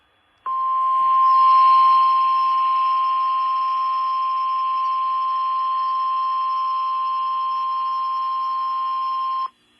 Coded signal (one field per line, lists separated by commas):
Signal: Emergency Alert System (SAME) tones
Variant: 1050 Hz attention tone